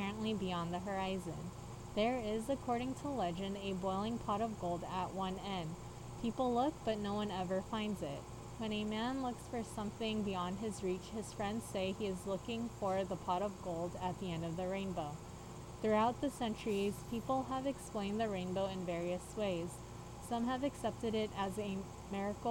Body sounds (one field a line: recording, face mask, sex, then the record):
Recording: reading aloud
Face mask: surgical mask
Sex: female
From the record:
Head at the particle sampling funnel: tilted up or above it, chin in front of it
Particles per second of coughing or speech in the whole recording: 0.0109